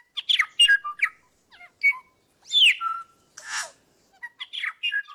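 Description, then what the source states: New Zealand bellbird song, clear tinkling notes that leap from high to low in quick phrases, with a short harsh burst in the middle. Found only in New Zealand and one of the more common native birds there; a virtuosic singer whose song drops from high to low in a split second with tinkling notes.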